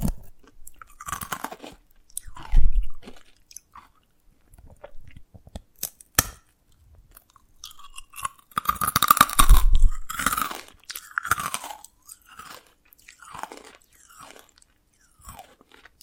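Crunching and cracking of brittle dalgona candy, with sharp snaps near 2.5, 6, and 9–10 seconds among lighter taps and crinkles. Bursts come irregularly, separated by near-silent pauses.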